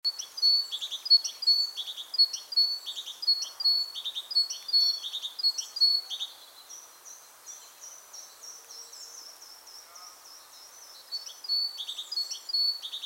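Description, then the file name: Great tit calls: high, sharp chirps and short downslurred notes in rapid overlapping runs, loud at first, fading to quiet around the middle, then resuming near the end. "Parus major"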